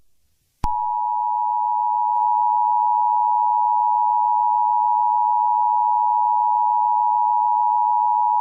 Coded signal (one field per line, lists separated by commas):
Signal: Emergency Alert System (SAME) tones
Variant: 853 and 960 Hz attention tone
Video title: EAS Scenario | Looney Tunes Error (#99)